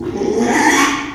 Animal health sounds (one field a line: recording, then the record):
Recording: squeal of a Yucatan mini pig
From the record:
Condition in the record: after surgery on the right vocal fold (resection and tissue-engineered implant)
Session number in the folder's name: 3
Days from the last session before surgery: 33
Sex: male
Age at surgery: 12 weeks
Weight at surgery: 13 kg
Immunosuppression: cyclosporine, prednisolone